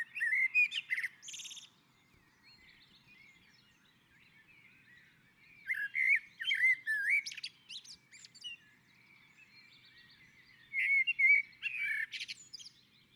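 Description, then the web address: Common blackbird song: three separate phrases of low, mellow fluted warbling, each ending in a high squeaky twitter, with quiet pauses of several seconds between them. On a roof. "Naturinspelningar Koltrast på taket"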